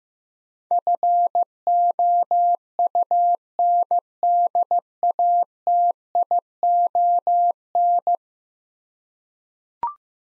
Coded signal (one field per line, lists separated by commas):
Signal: Morse code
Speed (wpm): 15 wpm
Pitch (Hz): 700 Hz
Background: none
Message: FOUNDATION